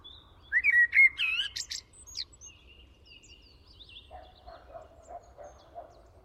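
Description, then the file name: Eurasian blackbird singing one phrase of mellow warbled notes ending in a high twitter, followed by softer, lower repeated notes. "Turdus merula"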